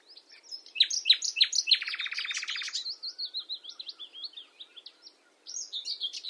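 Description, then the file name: Common nightingale song: sharp repeated notes, a fast dry rattling trill, then runs of quick warbling notes, a short pause and more warbling. "Luscinia megarhynchos"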